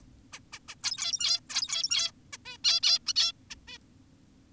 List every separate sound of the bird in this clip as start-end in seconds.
0.33-0.40, 0.53-0.59, 0.68-0.75, 0.84-1.40, 1.50-2.12, 2.33-2.37, 2.46-2.58, 2.64-2.80, 2.83-2.99, 3.07-3.13, 3.16-3.32, 3.50-3.55, 3.68-3.78